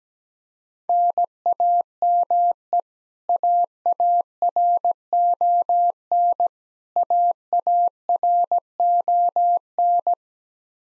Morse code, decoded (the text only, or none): NAME AARON AARON